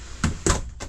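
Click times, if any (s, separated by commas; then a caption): none. The lower bunk bed platform in a Jayco 312BHOK RV bunkhouse is lifted up out of the way to make room for the couch during the daytime, swinging toward its raised position where a latch will lock it to the wall. Two loud, broadband thunks of the platform being handled come at about 0.2 s and 0.5 s, with a softer knock near 0.8 s. Nothing has seated or clicked yet.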